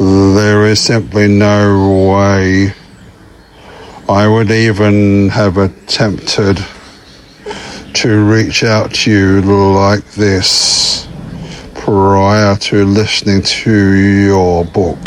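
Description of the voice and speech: An adult man speaks with a lifelong stutter, recently worked on in a McGuire Programme speech course; sounds are drawn out and his phrases are broken by long pauses.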